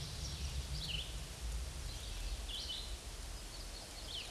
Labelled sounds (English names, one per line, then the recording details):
Eastern Wood-Pewee song
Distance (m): 35 m
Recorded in a Pennsylvania forest on 18 May 2023 at 09:33
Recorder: AudioMoth, point grid1_17_low
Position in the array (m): 192 m, 183 m